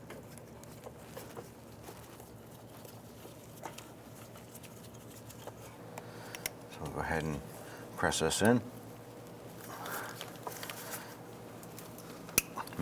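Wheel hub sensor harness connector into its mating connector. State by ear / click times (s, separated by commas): seated / 12.4 s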